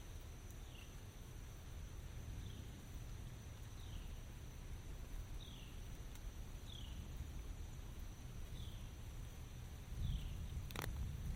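A steady low rumble of rain fills the recording, with a faint constant whine high above it. A bird repeats a short falling chirp about every second and a half throughout. Near the end, around ten seconds, a brief louder thump and rustle breaks in.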